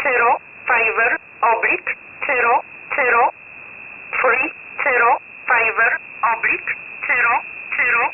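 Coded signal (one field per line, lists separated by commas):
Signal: numbers station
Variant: E11 Oblique, English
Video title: 04 06 2021 Number station E11 Oblique in English to Eu 1000 on 12153 unknown tx site in USB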